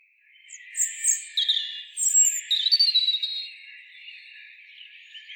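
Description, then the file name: European robin singing varied high phrases of thin whistles and quick twittering notes that change pitch sharply. "Erithacus rubecula"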